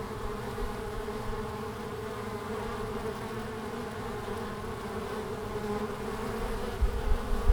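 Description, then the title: Honey bees buzzing steadily in a low drone, with a few bumps and louder passes near the end. Bees in large numbers flying out at the hive entrance, Langel, Köln, Germany, in March at 20 °C during sunny hours; recorder placed directly below the entrance hole, some bees briefly caught on the windshield fur. "Langel, Köln, Deutschland - Bienen im März. Bees in march"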